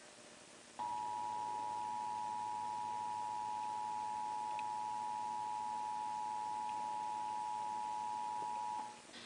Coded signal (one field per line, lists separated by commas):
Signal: Emergency Alert System (SAME) tones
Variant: 853 and 960 Hz attention tone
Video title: EAS Test During David Letterman